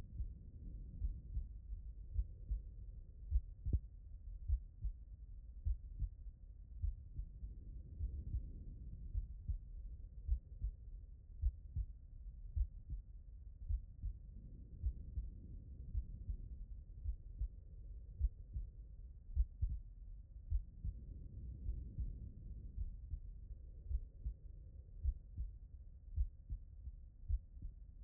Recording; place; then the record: heart sounds by stethoscope; pulmonary valve (PV)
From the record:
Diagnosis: non-HFrEF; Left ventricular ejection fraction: 70%